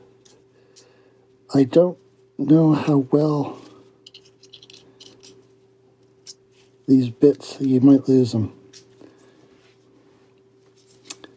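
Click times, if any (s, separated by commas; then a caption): 11.1 s, 11.2 s. A folding tool on a WILLUCK 22-in-1 metal pocket multitool is swung out until its safety lock engages, locking the tool arm into the frame. Someone talks, with soft handling scratches in between, and two short, sharp clicks at 11.1 s and 11.2 s mark the lock seating.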